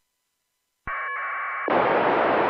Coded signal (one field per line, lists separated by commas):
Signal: packet radio (AX.25, as in APRS)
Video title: ISS packet QSO